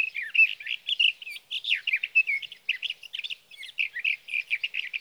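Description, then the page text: Sage thrasher delivering an unbroken, fast warble of mixed whistles, slurs and scratchy notes, rich and varied throughout. Male singing through the night near his night roost, evenings June 12 to mornings June 15, 2018, Sierra Valley, California; Swift recorder. "61. Sage thrasher songs, through the night."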